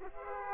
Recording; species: mosquito wingbeat signal from an infrared sensor; Aedes aegypti